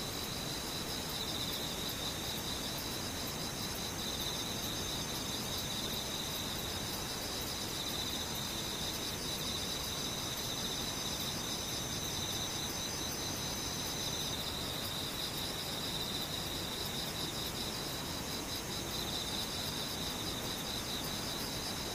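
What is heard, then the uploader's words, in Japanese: Cicadas and other insects buzz without pause, forming a steady, dense high drone with a bright, piercing band above it that never lets up. A faint, rapid ticking pulses through the upper part, and a soft low rumble runs underneath the whole time. セミムシ。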